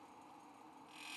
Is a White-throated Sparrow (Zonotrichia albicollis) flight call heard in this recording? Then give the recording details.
no. No flight call is heard. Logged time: 10:50 on 5 December 2014